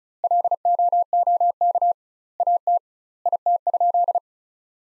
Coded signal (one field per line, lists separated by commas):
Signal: Morse code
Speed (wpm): 36 wpm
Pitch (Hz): 700 Hz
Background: none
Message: LOOK AT IT?